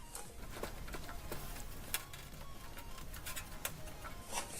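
The large 24-pin plastic power connector from the power supply is pressed into the motherboard power socket amid soft rubbing and handling noises. Its latch clicks sharply at 1.9 s, and the connector is seated. Another sharp tick follows at about 3.7 s.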